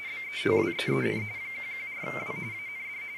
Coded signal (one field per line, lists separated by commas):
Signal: RTTY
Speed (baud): 45.45 baud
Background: speech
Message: BETWEEN 114W AND